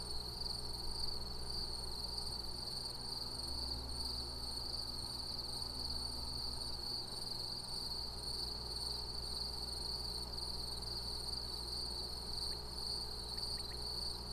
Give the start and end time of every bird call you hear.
12.50s-12.56s: Common Quail
13.36s-13.74s: Common Quail

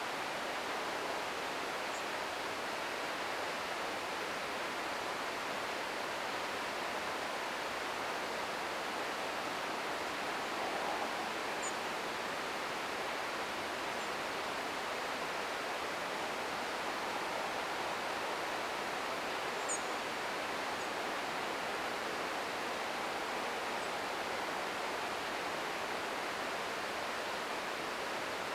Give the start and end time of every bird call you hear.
1.92s-2.02s: European Robin
11.60s-11.72s: European Robin
13.99s-14.07s: European Robin
19.59s-19.80s: European Robin
20.78s-20.85s: European Robin
23.78s-23.88s: European Robin

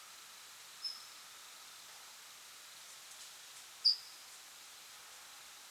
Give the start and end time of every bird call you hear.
0.81s-0.93s: Ortolan Bunting
3.83s-3.95s: Ortolan Bunting

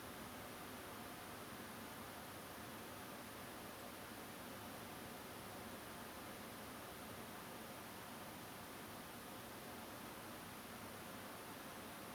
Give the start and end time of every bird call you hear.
3.79s-3.81s: Song Thrush

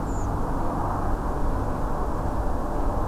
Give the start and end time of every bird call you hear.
0.06s-0.27s: Redwing

